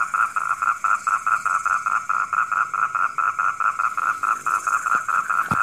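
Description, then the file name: Frog croaking in a steady series of short pulsed notes, about two to three each second, evenly spaced throughout with a faint background hiss. Heard at night. "suara kodok di malam hari"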